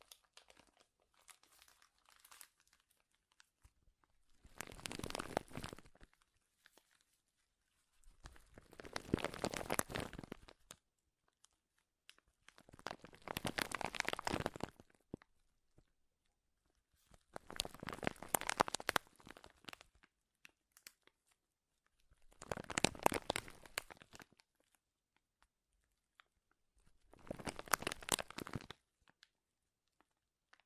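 Loud crinkling comes in six bursts of roughly two seconds each, spaced about every four to five seconds, with near silence between them. Each burst is dense and crackly, sweeping from low rustle up to sharp, bright snaps.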